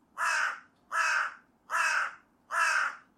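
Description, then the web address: Bird giving harsh cawing calls: four loud, rasping caws evenly spaced roughly every 0.8 seconds, each broad and noisy, against a quiet background. "Deverinetal 2025 File origin Bird Only"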